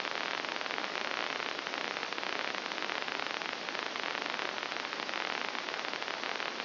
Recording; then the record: brain microelectrode recording played as sound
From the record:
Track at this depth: inside the subthalamic nucleus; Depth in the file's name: 4.863 mm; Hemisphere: left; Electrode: 2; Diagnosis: Parkinson's disease